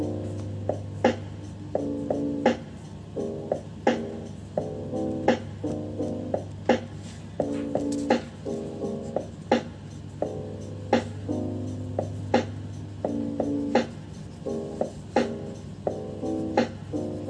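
Background music plays throughout: a steady low drone under short, repeating bursts of mid-pitched chords in a regular looping pattern. Sharp clicking, tapping sounds cut in every second or so, bright and brief, spread evenly across the whole clip.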